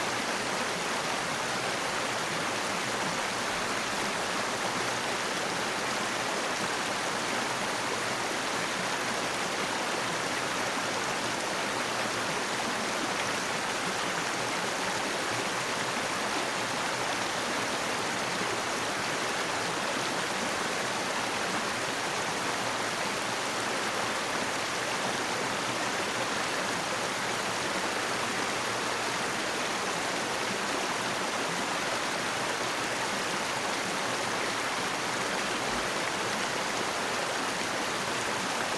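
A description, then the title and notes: A river rushes steadily for the whole clip, a dense, even wash of moving water with no pauses or swells. The sound is full, strongest in the bright hissing range, with a fine churning texture and little deep rumble underneath. Relaxing River Sound.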